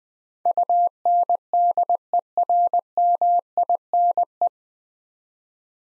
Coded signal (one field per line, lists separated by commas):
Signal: Morse code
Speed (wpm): 20 wpm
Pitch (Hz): 700 Hz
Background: none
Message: UNDERMINE